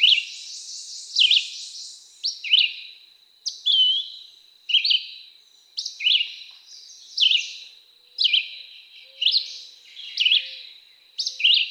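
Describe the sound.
Red-eyed Vireo singing a long series of short, varied whistled phrases, about one per second, over a thin steady high tone.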